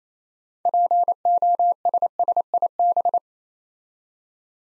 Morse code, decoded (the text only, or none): POSSIB